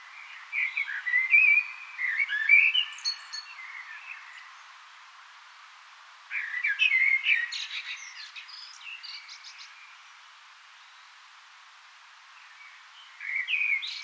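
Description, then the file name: Common blackbird song: melodious whistled verses with twittering, high-pitched endings, repeated in three phrases with quiet gaps. "Turdus merula"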